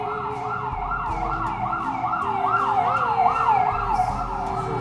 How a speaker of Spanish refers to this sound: Hay las sirenas de YouTube fueron esas.